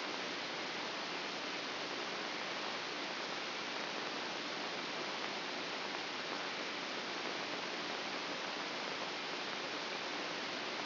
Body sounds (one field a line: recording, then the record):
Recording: brain microelectrode recording played as sound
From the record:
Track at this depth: inside the subthalamic nucleus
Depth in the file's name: 0.241 mm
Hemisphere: right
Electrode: 2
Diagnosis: Parkinson's disease